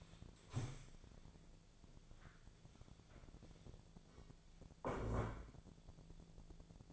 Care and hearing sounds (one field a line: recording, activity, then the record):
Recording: daily activity, microphone in the room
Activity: stand up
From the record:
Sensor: 5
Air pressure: 1000.5 hPa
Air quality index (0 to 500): 148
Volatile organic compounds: 2 ppm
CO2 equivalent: 1145 ppm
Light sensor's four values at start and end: 50/116/48/51 and 50/116/48/51